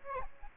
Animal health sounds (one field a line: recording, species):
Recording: mosquito wingbeat signal from an infrared sensor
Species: Aedes aegypti